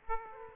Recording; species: mosquito wingbeat signal from an infrared sensor; Aedes aegypti